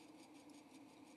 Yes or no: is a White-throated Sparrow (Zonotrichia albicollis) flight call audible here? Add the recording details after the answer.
no. No flight call is heard. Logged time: 10:21 on 2 December 2014